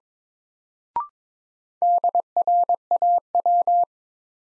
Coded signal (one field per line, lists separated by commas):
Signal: Morse code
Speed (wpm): 22 wpm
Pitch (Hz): 700 Hz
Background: none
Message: DRAW